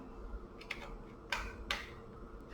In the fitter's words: anda bunyi tek